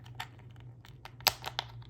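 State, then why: Released. A removal tool hooked into the groove of a Haute42 Cosmox Wind Engine mechanical key switch is wiggled in a button controller plate, producing small crackling ticks. At 1.3 s, the switch pops out of the plate with a sharp, loud crack, followed by a few lighter clicks.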